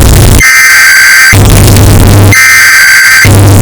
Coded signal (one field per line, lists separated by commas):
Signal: Emergency Alert System (SAME) tones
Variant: header bursts